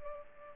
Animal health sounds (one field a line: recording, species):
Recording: mosquito wingbeat signal from an infrared sensor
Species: Culex pipiens